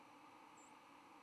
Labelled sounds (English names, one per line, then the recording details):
White-throated Sparrow flight call
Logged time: 07:44 on 10 November 2014